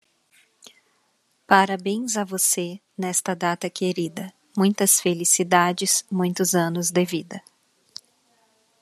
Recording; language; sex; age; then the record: short text; Brazilian Portuguese; female; 30 to 39 years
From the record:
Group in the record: control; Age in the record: 35 years